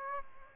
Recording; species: mosquito wingbeat signal from an infrared sensor; Aedes aegypti